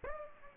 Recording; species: mosquito wingbeat signal from an infrared sensor; Aedes aegypti